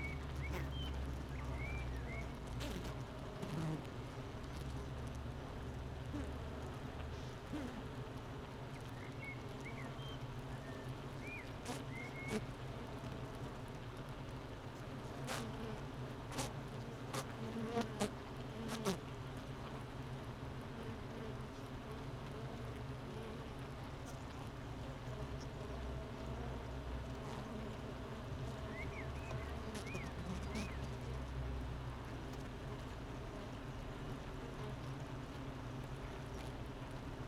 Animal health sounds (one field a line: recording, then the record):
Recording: honeybee colony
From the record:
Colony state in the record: missing queen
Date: 31 May 2018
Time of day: 9:00